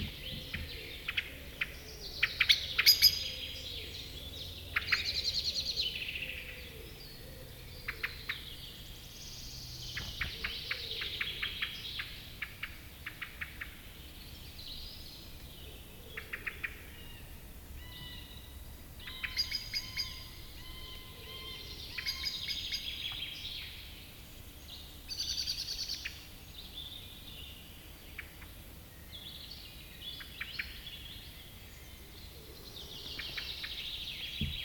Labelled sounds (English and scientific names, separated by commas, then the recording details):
Common Blackbird (Turdus merula) call
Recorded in the wild
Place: Serrahn, Mecklenburg-Vorpommern, DE
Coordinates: 53.67, 12.35
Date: 1969-05-10
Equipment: Nagra III BH, Sennheiser MD 421
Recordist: Schubert, Michael